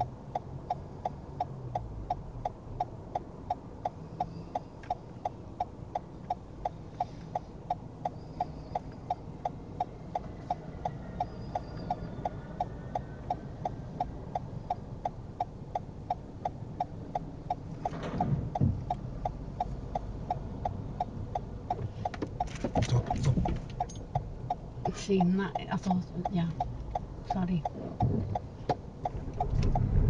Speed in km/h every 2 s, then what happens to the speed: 0, 0, 0, 0, 0, 0, 0, 0, 0, 0, 2, 0, 0, 2, 16.
0-26 standing. 26-30 pulls away to 16.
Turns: none.